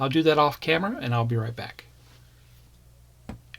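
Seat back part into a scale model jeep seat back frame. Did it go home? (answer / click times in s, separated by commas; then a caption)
yes / 3.5 s. Someone talks, then after a quiet pause a seat-back part is pressed onto the seat back frame of a 1:8 scale IXO Collections Willys MB Jeep model. A short sharp tick comes at 3.3 seconds, and the part snaps into place with a crisp click at 3.5 seconds.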